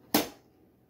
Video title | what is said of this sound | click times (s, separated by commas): How To Assemble Graco Simple Sway Swing and 2020 Review #graco #gracosimpleswayswing #howto #2020 | and they should snap right in | 0.2 s